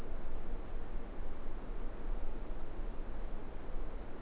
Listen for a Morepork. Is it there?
no